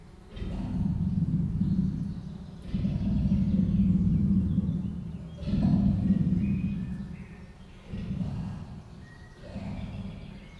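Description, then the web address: Persian leopard giving deep, rasping grunted calls in several long bouts of rapid strokes. Captive female Persian leopard at Miskolc Zoo, 2018; professional recording. "allathangok miskolcizoo 2018 professzionalis perzsa leopard amikrofonesanostenykettose holgyekerkeznek miskolczoo"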